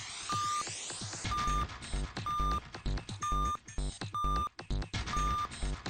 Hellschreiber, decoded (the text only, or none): none